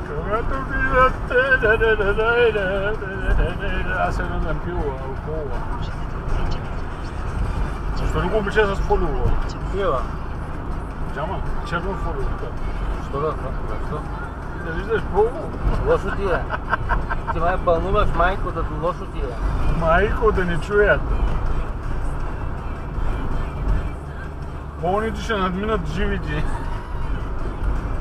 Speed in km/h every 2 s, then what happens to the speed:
71, 72, 73, 73, 73, 72, 72, 72, 71, 69, 68, 66, 68, 65.
0-15 steady at about 72. 15-28 slows to 65.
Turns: none.